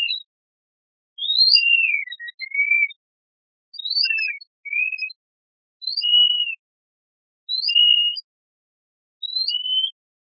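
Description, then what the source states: Mouse song: thin whistled syllables, quick upsweeps followed by falling or flat tones, in bursts every second or two, with silence between. Ultrasonic songs of male mice.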